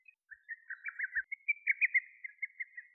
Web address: Lesser cuckoo